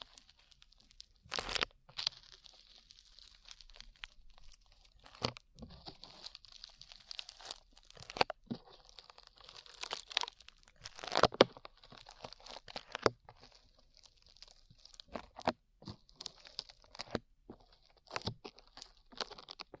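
Sticky slime being squeezed and pulled, with frequent crackling pops and tearing clicks scattered irregularly throughout. Sharp snaps stand out near 1.5, 5, 7.5 and 11 seconds, while a bright, hissy crinkle fills the gaps between them.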